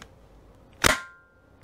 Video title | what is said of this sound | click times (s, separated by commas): Test blogueur de l'aspirateur-balai Cyclone V10 Absolute de Dyson | Clic, ça fait clic et maintenant, on a notre aspirateur à main qui est prêt à aller | 0.9 s